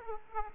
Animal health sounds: mosquito wingbeat signal from an infrared sensor; Aedes aegypti

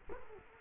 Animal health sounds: mosquito wingbeat signal from an infrared sensor; Culex quinquefasciatus

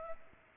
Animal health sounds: mosquito wingbeat signal from an infrared sensor; Culex pipiens

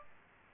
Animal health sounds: mosquito wingbeat signal from an infrared sensor; Aedes aegypti

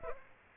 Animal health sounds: mosquito wingbeat signal from an infrared sensor; Aedes aegypti

